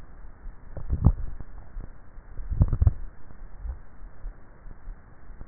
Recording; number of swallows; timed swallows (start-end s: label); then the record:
swallowing sounds by neck microphone; 2
0.78-1.38 s: swallow
2.38-3.08 s: swallow
From the record:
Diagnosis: dysphagia